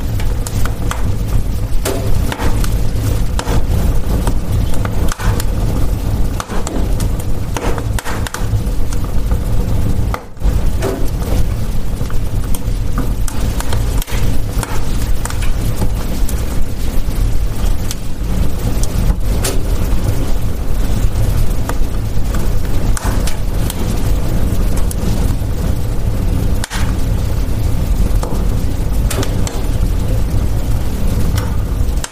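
A fireplace crackles steadily over a dense low roar, with frequent sharp pops and snaps scattered irregularly across the whole half minute.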